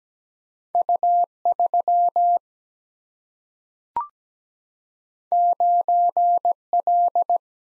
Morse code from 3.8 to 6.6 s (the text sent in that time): 9